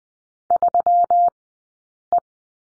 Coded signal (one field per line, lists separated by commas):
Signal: Morse code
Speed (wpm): 20 wpm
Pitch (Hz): 700 Hz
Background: none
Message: 3E